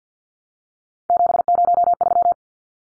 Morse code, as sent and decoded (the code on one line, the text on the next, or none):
--... ----- ...--
703